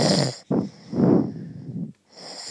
How loud does he snore? It's pretty fucking loud.